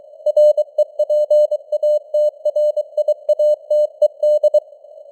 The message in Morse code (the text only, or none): REPATRIATED